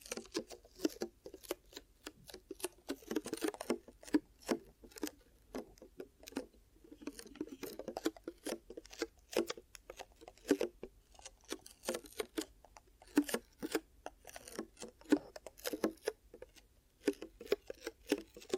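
Ear cupping triggers: a continuous stream of soft pats, crinkly rustles and muffled thumps as hands cup and release. The taps come quickly and irregularly, with short busier bursts and brief pauses, and a low steady hum sits underneath throughout.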